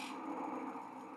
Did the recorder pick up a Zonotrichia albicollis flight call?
no